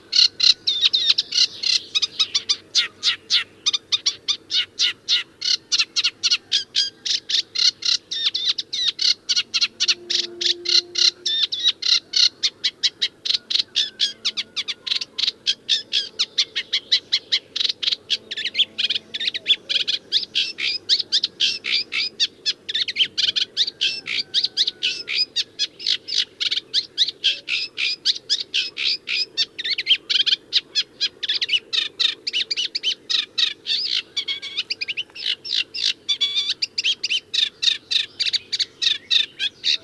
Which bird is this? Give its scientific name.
Acrocephalus scirpaceus